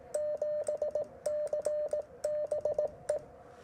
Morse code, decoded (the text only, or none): 7CBE